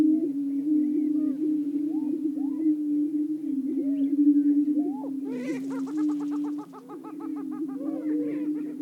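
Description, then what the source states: Greater prairie-chickens boom steadily, then after about five seconds a harsh burst of rapid, repeated cackling breaks out over the low drone before fading. Several greater prairie-chickens calling, interrupted by a ferruginous hawk.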